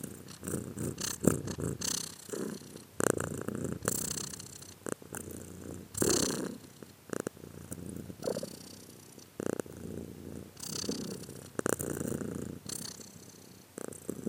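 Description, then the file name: Purring cat, deep vibrating rumble pulsing in breath-length waves through the whole stretch, with clicks and rustling. "cat again"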